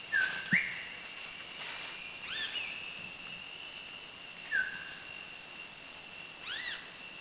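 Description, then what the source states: Philippine fairy-bluebird giving a few liquid whistled notes, falling and arched, spaced irregularly, against a continuous high-pitched insect chorus. Recorded on Bohol, Philippines.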